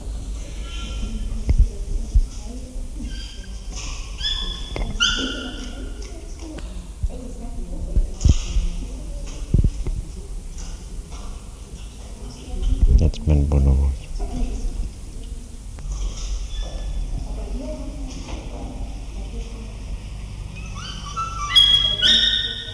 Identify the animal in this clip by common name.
Bonobo